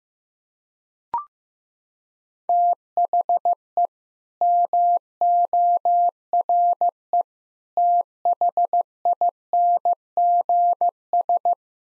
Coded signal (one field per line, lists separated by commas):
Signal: Morse code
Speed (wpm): 15 wpm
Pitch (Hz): 700 Hz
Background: none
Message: THE MORE THINGS